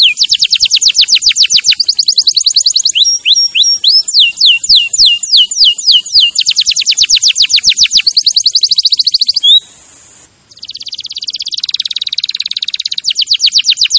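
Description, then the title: Canary song of long, varied trills: quick falling sweeps, a section of bouncing looped notes, a brief pause near ten seconds, then a dense buzzy high trill. Champion canary song used as a master recording for training other birds. "Masteran Kenari Juara"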